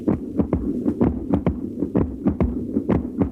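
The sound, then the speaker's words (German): Some 600 mechanical weaving looms in rows in the large weaving hall of the Dierich mechanical weaving mill, Langenbielau, Silesia, thud and clatter in a fast, steady rhythm set by the battens as shuttles fly back and forth. The beat runs roughly three or four a second over a loud, continuous low droning hum. No one speaks. “Wir hören das ohrenbetäubende Dröhnen der Schackertstühle.”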